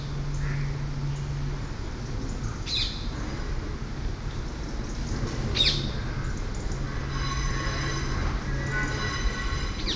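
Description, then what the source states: Parakeet screeches, two harsh, piercing squawks about three seconds apart, over a steady low drone with a faint high whine later. Parakeets over Hackney Marsh.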